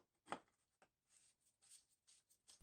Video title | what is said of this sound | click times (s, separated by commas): E46 Oil Change - M52 and M54 Engines | filter fits tightly onto the housing lid so it can be a little tough to get on it will pop into place when fully seated | 0.3 s